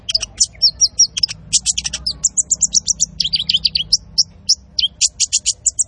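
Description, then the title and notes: Van Hasselt's sunbird delivering an energetic, fast, nearly continuous stream of high, thin whistles and chirps. Masteran training recording for caged birds, also used as a lure; full song with 'isian' fillers and 'tembakan' shot phrases; bird described as gacor, singing constantly. "MASTERAN KOLIBRI NINJA FULL ISIAN DAN TEMBAKAN COCOK BUAT PANCINGAN. Suara Burung Kolibri Ninja Gacor"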